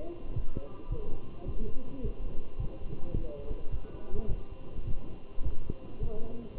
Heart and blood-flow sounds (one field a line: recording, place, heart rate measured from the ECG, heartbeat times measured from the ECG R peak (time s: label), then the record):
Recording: heart sounds by stethoscope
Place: between the tricuspid and mitral areas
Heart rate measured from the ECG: 106 bpm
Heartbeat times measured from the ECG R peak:
0.36 s: heartbeat
0.92 s: heartbeat
1.48 s: heartbeat
2.04 s: heartbeat
2.60 s: heartbeat
3.16 s: heartbeat
3.72 s: heartbeat
4.29 s: heartbeat
4.87 s: heartbeat
5.44 s: heartbeat
6.03 s: heartbeat
6.57 s: heartbeat
From the record:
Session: walking at 3.7 km/h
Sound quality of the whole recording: good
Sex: male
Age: 27 years